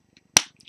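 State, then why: Seated. A plastic piece with cross-shaped connectors is pressed into place on a LEGO Hero Factory set under construction. A single sharp, loud snap at 0.4 s rings out briefly among a few faint ticks, and the piece clips in and is seated.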